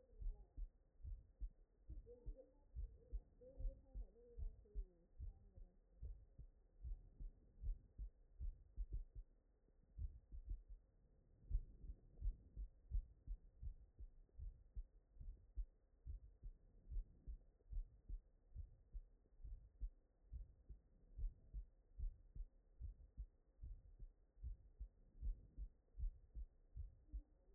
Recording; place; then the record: heart sounds by stethoscope; tricuspid valve (TV)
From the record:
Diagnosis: non-HFrEF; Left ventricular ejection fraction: 68%